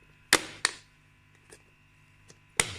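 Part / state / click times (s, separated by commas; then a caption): small notched plastic piece clipped into its holder / seated / 0.3 s, 0.6 s, 2.6 s. A small notched plastic piece is pressed into its holder and snaps home with sharp, loud clicks at 0.3 s, 0.6 s and 2.6 s, with fainter ticks at 1.5 s and 2.3 s. The part clips firmly into place, confirmed seated.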